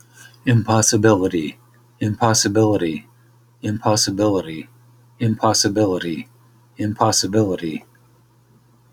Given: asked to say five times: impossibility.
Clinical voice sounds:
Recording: repeated word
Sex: male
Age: 60 to 69 years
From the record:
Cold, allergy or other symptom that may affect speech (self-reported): no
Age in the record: 63 years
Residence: Iowa, United States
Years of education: 13

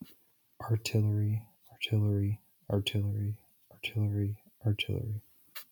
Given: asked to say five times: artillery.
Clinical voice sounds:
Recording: repeated word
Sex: male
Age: 20 to 29 years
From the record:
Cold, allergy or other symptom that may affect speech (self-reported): no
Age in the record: 26 years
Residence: California, United States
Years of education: 18

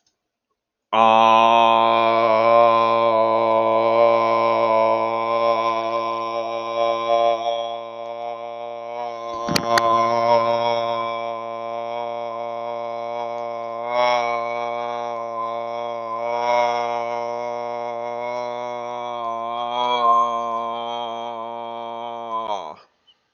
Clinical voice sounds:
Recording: vowel held as long as possible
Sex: male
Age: 30 to 39 years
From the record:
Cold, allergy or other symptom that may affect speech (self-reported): no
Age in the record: 34 years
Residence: United States

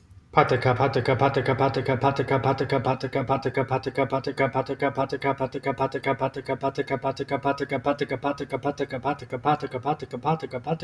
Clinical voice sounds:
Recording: repeated syllables /pa ta ka/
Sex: male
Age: 40 to 49 years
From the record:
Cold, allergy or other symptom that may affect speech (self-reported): no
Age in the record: 43 years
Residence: Nevada, United States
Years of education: 12

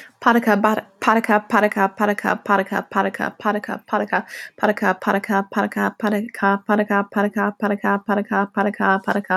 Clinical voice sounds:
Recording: repeated syllables /pa ta ka/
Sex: female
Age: 30 to 39 years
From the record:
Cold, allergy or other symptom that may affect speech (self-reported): no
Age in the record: 35 years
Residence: Ohio, United States

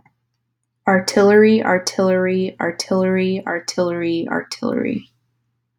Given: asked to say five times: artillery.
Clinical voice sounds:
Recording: repeated word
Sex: female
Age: 20 to 29 years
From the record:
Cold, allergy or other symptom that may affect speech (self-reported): no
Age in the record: 26 years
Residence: California, United States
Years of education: 18

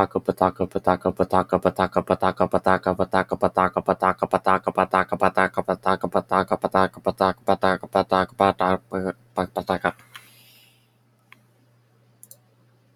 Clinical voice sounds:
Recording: repeated syllables /pa ta ka/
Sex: male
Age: 20 to 29 years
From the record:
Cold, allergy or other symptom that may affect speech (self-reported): no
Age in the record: 29 years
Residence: United States

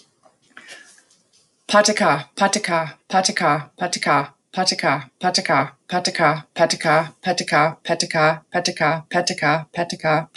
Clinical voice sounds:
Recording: repeated syllables /pa ta ka/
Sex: female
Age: 30 to 39 years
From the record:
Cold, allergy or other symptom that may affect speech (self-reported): no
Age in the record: 35 years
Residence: United States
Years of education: 12

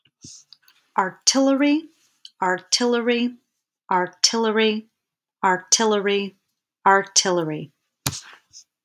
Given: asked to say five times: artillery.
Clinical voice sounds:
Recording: repeated word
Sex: female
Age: 40 to 49 years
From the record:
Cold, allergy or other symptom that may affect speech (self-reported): no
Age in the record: 48 years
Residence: California, United States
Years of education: 18

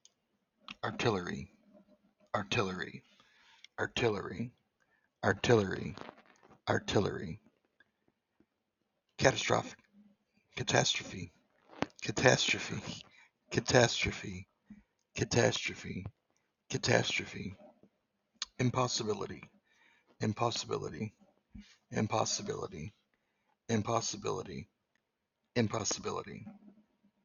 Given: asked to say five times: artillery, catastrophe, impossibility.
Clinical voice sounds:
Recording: three words, each repeated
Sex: male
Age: 40 to 49 years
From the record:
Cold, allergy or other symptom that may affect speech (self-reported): no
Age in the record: 41 years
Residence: Illinois, United States

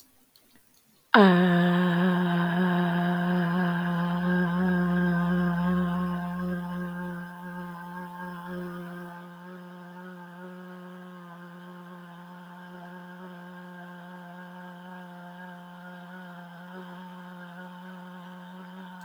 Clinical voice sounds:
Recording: vowel held as long as possible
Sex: female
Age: 50 to 59 years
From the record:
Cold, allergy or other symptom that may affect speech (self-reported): no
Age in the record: 55 years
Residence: Georgia, United States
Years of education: 18

